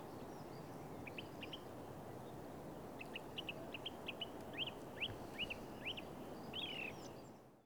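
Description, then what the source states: Bird calls: a faint series of short, sharp chip notes repeated irregularly, ending in a slurred note, over heavy background noise. Recorded at Oostduinen.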